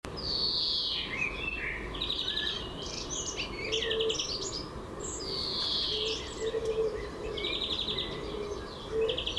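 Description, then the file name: European greenfinch song: fast, rattling trills repeated in bursts, mixed with twittering notes and a drawn-out wheezy phrase, over steady background noise. "Chloris chloris"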